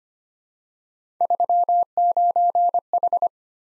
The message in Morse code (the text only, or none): 39H